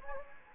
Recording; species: mosquito wingbeat signal from an infrared sensor; Anopheles gambiae